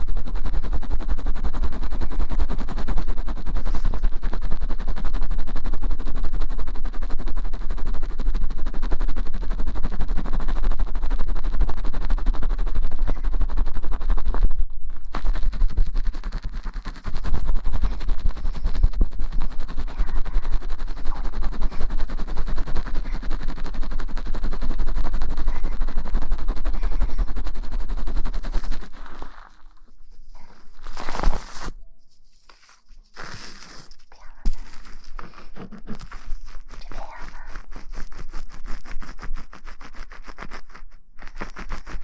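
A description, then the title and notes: Dense scratching and lathering sounds of hair being washed and the scalp massaged, full of crisp crackles, with a short pause near 15 seconds. After about 29 seconds it turns quieter and sparser with a few sharp bursts, then the rubbing picks up again over a low steady hum. ASMR洗头助眠 发廊的姐姐shampoo wash hair 耳边轻语 角色扮演 中文剧情 泡沫触发音 头部按摩抓头皮.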